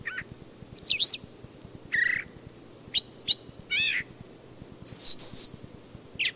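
Brown thrasher singing varied phrases of sharp rising and falling notes, several repeated twice, with brief gaps between them.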